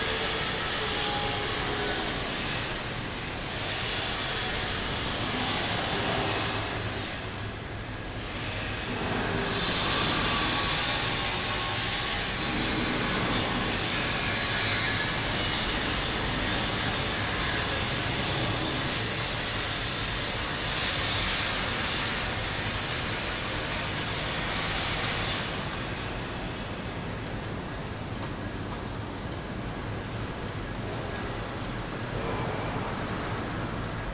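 Around a large city building excavation, a steady, dense roar of traffic and machinery hum continues, swelling briefly near ten seconds.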